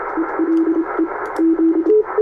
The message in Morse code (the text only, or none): ELE Z